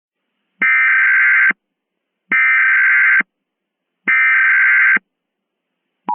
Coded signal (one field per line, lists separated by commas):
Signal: Emergency Alert System (SAME) tones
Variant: header bursts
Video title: EAS Mock Scenario: Complete Randomness